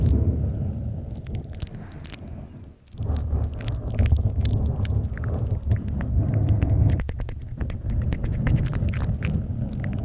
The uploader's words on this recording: Mouth sounds, tapping, mic scratching (NO TALKING).